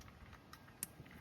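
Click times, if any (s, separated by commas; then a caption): 0.8 s. A wiring connector is pushed by hand onto an ignition coil of a Honda CR-V, with the coil bolts left loose so it is easier to snap in. After a few faint taps, a sharp click is heard at 0.8 s, and the connector is seated.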